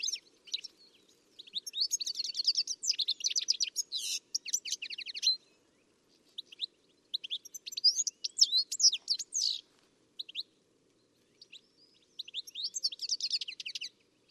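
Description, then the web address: Bird song: three long bursts of dense, rapid high twittering and chirping, with quiet gaps between them. "Deverinetal. Bird Only"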